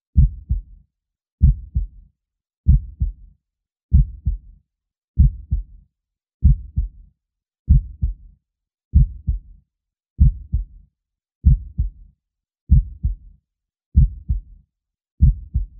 Calming Heartbeat Sound for Babies. The sound of a heartbeat is naturally calming to babies. Help yours to relax and fall asleep.